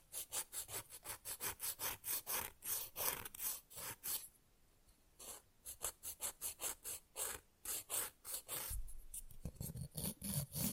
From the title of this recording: Fast & Rough Nail Filing + Tapping